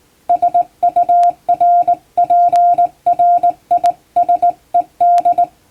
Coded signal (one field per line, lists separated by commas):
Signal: Morse code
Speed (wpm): 20 wpm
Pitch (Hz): 700 Hz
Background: radio noise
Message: SURPRISED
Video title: 毎日聴いてモールスラーニング！アマチュア無線ハムの受信練習用に綺麗な手打ちで平文の欧文モールス信号を叩いてみました。YouTubeの再生速度を調整して聴こう(morse code learning)